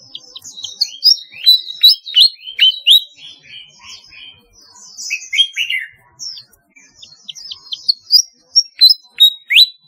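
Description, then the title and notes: Flycatcher singing rapid bursts of high, sharp chirps and downslurred notes, a brief quieter stretch midway, then quick chirping resumes. "Kicau Burung Sikatan"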